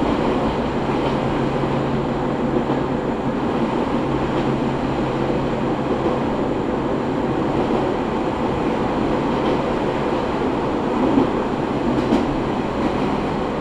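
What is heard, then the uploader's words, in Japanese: A ride on the Izuhakone Railway Daiyūzan Line, with the steady low rumble and rattle of the train running along the track. A low hum comes and goes near the start and middle, and faint clicks and knocks from the wheels recur throughout. 伊豆箱根鉄道 大雄山線 穴部→塚原→五百羅漢。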